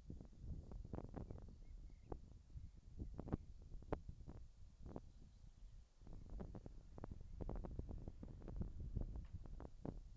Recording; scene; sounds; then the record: everyday scene through a hearing-aid microphone; wind on the microphone; wind, whistling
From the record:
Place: in front of a rural house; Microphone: in the ear canal, left